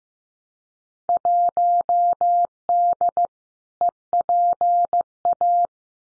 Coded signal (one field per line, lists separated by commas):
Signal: Morse code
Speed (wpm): 15 wpm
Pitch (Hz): 700 Hz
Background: none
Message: 1D EPA